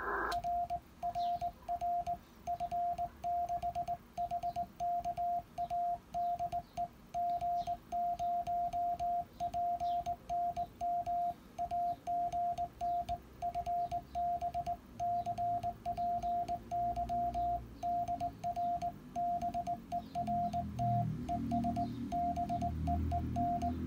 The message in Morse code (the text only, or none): R RR F6HKADE G0PNM AGN FB CPY DR BERT ES BEEN